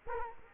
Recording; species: mosquito wingbeat signal from an infrared sensor; Culex quinquefasciatus